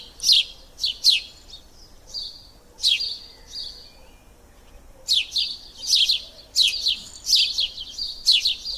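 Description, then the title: Birds giving quick descending high chirps in clusters, a quieter pause mid-way, then a livelier run of twittering notes. Recorded in a park. "son parc oiseaux"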